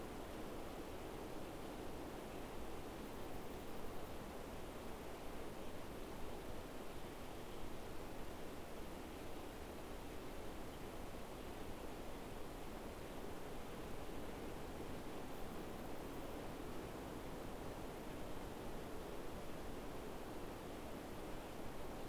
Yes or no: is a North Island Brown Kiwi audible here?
no